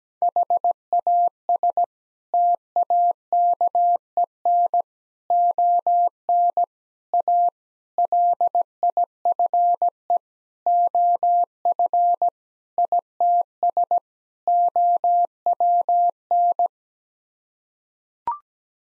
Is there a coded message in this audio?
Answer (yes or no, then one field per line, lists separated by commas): yes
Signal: Morse code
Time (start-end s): 0.2-16.7 s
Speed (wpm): 17 wpm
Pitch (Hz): 700 Hz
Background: none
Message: HAS TAKEN ON A LIFE OF ITS OWN